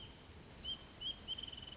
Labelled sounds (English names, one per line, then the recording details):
Wrentit
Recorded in Sonoma County, California